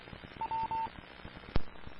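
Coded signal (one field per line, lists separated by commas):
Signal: none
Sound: a repeater's courtesy beeps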